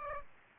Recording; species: mosquito wingbeat signal from an infrared sensor; Aedes aegypti